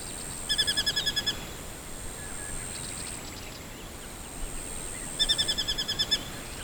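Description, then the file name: Collared sparrowhawk chattering call: two fast bursts of sharp, even notes, with a steady high whine and hissy background noise. "Tachyspiza Cirrocephala"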